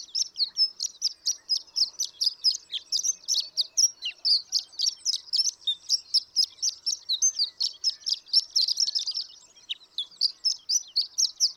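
Horned lark pouring out an extended high, tinkling song of quick chips and trills, delivered at a steady brisk pace.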